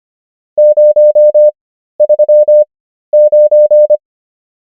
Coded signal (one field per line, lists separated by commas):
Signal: Morse code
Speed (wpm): 25 wpm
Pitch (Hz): 600 Hz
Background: none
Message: 039